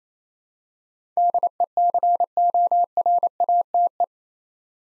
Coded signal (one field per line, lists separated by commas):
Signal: Morse code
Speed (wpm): 29 wpm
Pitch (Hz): 700 Hz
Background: none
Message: DECORATE